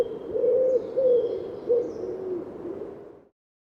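A bird gives soft, low cooing notes in a short phrase of several hoots, ending after about three seconds.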